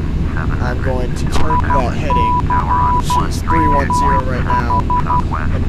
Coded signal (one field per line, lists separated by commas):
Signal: Morse code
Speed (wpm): 12 wpm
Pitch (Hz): 990 Hz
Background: speech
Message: ICMH